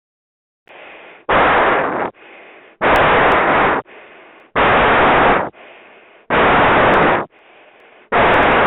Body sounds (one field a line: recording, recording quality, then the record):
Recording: shallow breathing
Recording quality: excellent, no background noise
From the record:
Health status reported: healthy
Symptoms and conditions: none ticked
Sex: male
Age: 32 years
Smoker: not ticked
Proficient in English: yes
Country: India